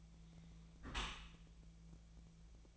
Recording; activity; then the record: daily activity, microphone in the room; close dishwasher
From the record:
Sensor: 1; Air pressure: 1000.5 hPa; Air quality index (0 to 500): 182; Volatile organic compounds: 4 ppm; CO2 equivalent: 1674 ppm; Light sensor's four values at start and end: 11/27/11/13 and 11/27/11/12